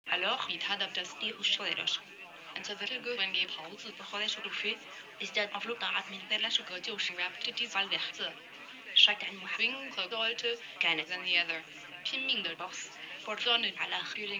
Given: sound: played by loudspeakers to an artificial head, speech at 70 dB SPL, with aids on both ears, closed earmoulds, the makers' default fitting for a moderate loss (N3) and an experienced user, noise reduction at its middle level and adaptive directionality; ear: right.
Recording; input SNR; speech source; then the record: speech test signal (ISTS) in cocktail-party noise; +9 dB; in front (0 degrees)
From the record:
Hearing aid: class 1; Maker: G